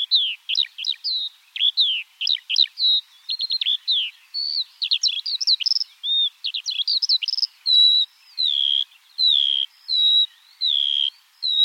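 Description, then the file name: Skylark song beginning as an intricate jumble of fast twittering notes, easing into longer high buzzy and whistled phrases. Eurasian skylark singing in flight. "alouette des champs en vol"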